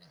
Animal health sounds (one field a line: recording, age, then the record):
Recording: pig call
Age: piglet (1 to 25 days)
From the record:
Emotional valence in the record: positive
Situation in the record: reunion after long isolation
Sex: male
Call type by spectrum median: low-frequency call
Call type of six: low-frequency stable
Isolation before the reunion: 8 minutes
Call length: 0.12 s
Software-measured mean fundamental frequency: 87 Hz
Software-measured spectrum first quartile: 318 Hz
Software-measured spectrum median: 1841 Hz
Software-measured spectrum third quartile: 4273 Hz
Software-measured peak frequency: 157 Hz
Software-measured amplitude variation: 47 dB a second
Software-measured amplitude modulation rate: 4.3 a second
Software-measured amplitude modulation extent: 10.9 dB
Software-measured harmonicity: 5.1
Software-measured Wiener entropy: -2.01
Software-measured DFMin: 587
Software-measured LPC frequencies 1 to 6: 1933, 2902, 4013, 4869, 7223, 8834 Hz